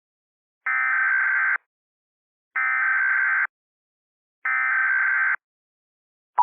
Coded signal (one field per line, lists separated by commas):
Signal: Emergency Alert System (SAME) tones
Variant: header bursts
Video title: EAS Scenario - Blue Moon Virus Remastered